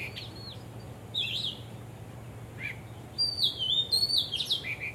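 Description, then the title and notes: Bird gives a few short high whistles, then a longer run of sliding, warbling high notes near the end, against steady low background noise. Birds singing vigorously at Wu Kai Sha, Hong Kong, on 15 December 2006; recorded with AKG condenser microphones in XY stereo. "香港 烏溪沙 雀鳥勁唱歌 Date: 15 December 2006"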